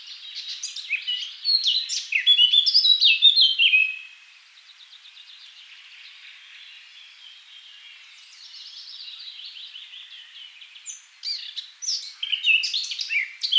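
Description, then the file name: Eurasian blackcap song: a loud burst of fluty, tumbling warbling notes, then a quieter scratchy chattering passage, before loud varied warbling resumes near the end. "Sylvia atricapilla"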